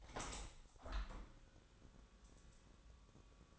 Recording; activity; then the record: daily activity, microphone in the room; open window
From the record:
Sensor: 3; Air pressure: 1000.5 hPa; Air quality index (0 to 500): 161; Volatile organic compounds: 3 ppm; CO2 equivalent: 1399 ppm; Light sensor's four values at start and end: 13/34/13/15 and 13/35/14/15